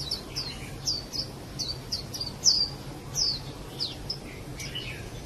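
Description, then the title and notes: Bird song of short, high, downslurred chirps in a steady series, over a low steady hum. "Bird Sound. Kicau Burung Lengkap"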